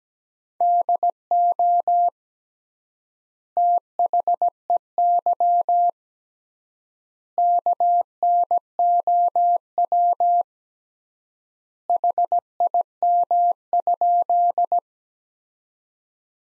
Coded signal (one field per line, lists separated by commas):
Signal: Morse code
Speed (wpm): 17 wpm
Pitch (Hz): 700 Hz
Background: none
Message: DO THEY KNOW HIM?